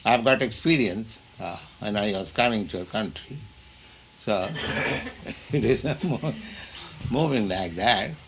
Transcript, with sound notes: I have got experience when I was coming to your country. [chuckles] So it is moving like that.